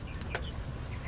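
On a 2004 Yukon with the shifter in park, the plastic shift cable end is pushed back onto its pin on the steering column shift linkage. A short, sharp snap is heard at 0.4 s over a low background hum, and the cable end is seated on the pin.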